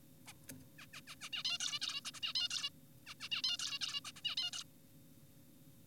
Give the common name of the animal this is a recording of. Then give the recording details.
Zebra Finch. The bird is an adult. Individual g4p5U